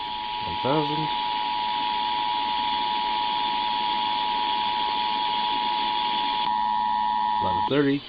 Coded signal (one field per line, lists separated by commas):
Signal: Emergency Alert System (SAME) tones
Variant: 853 and 960 Hz attention tone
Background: speech